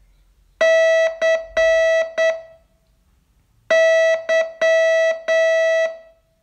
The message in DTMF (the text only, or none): none